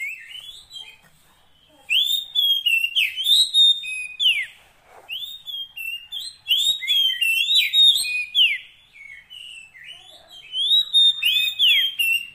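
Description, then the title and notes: Oriental magpie-robin song: after a quiet start, vigorous sequences of looping whistles and quick chips, nearly continuous. Isian fill-in song, used so kacer birds become gacor, singing day and night. "Kacer Jadi Gacor Siang Malam. Isian Kacer Durasi Panjang"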